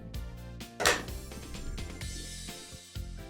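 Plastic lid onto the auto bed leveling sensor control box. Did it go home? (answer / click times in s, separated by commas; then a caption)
yes / 0.9 s. A plastic lid is slid onto the EZABL auto bed leveling sensor control box for a CR-10S Pro, with the signal wire routed through the small cutout, over steady background music. A loud, very short snap at 0.9 s marks the lid snapping shut and seated, with a few softer handling knocks around it.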